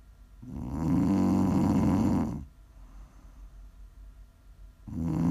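Two loud, rattling low-pitched snores on inhalation from an adult sleeper, separated by a quiet pause of about two and a half seconds.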